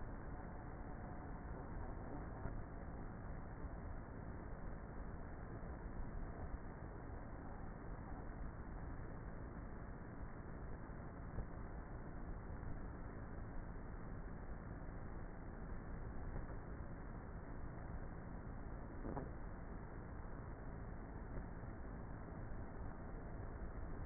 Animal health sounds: honeybee colony, microphone inside the hive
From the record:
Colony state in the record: queenless with a low population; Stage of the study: before two queens were removed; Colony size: about 30,000 bees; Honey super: no

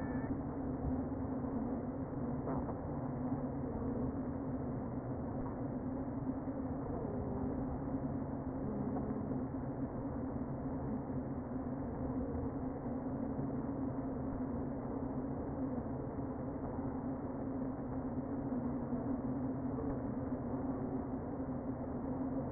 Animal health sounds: honeybee colony, microphone inside the hive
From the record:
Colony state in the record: queen present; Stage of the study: before two queens were removed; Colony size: about 60,000 bees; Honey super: yes

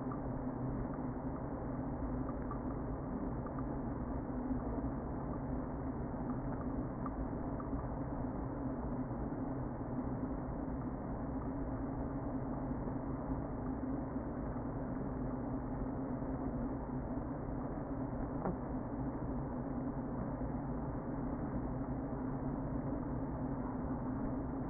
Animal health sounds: honeybee colony, microphone inside the hive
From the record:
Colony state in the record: queen present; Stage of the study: before two queens were removed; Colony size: about 60,000 bees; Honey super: yes

